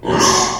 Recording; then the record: squeal of a Yucatan mini pig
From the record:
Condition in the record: before surgery on the right vocal fold (resection and tissue-engineered implant); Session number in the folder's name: 2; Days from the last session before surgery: 0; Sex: male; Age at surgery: 12 weeks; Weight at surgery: 13 kg